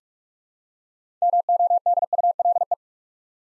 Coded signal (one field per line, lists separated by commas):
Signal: Morse code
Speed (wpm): 44 wpm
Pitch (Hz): 700 Hz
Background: none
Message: MODULE